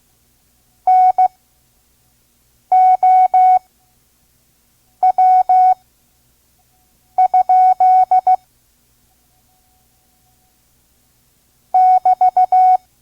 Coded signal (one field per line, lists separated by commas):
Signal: Morse code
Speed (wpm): 15 wpm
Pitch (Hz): 740 Hz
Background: none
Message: NOW? <BT>